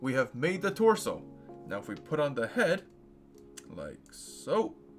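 Someone talks while the plastic head of an Entry Grade Gunpla model kit is handled and brought toward the torso's neck joint, with soft music playing underneath. Nothing has seated or clicked yet.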